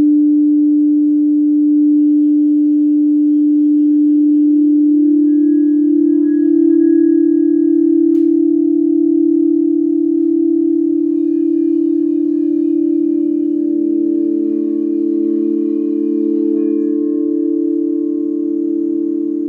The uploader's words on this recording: This is a LIVE 60 minute Sound Bath recorded at Common Bond Yoga in Springfield, OR.